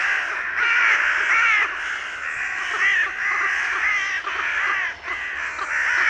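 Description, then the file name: Carrion crow caws in a dense, overlapping chorus, harsh rasping calls running almost continuously with brief dips, as if several birds call together. "Corvus corone"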